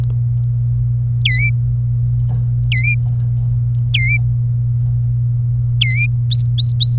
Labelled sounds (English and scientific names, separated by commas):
Domestic Canary (Serinus canaria) song